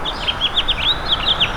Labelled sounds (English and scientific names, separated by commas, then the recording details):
House Finch (Haemorhous mexicanus) song
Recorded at Babylon on Long Island, New York, on 18 May 2013
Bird D